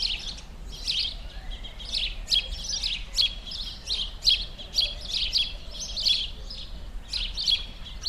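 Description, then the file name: House sparrow chirping, clustered sharp notes coming every half second or so, over a faint low hum. "Passer domesticus"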